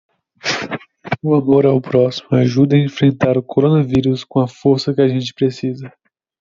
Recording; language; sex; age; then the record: spoken sentence; Brazilian Portuguese; male; 18 to 19 years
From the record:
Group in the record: control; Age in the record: 19 years